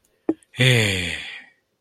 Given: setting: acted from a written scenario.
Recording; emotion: vocal sound without words; relief